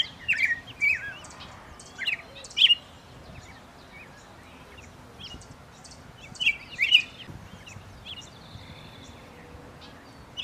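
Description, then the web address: Small bird singing, bursts of high, quick twittering chirps and slurred notes, in three short spells separated by longer pauses, over a steady background hiss. "lucas passarinho"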